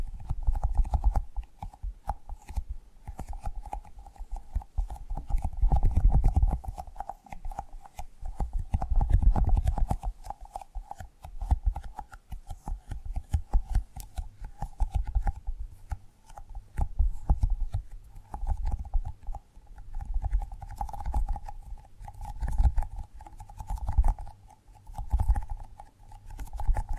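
Tapping and gripping sounds come as dense, irregular clicks and knocks throughout, with low thumping swells around 6 and 9 seconds and again near 22 to 24 seconds. A steady thin tone hums underneath the whole time.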